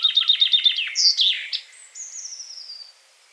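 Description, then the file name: Common chaffinch song: a quick run of descending chipping notes ending in a loud flourish, followed by a faint thin whistle. "Fringilla coelebs"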